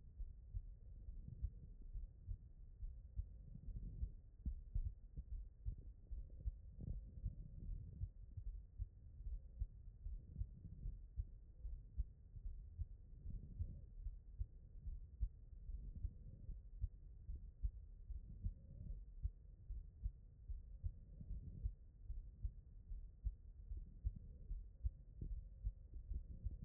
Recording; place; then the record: heart sounds by stethoscope; pulmonary valve (PV)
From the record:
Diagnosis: HFrEF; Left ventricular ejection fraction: 37%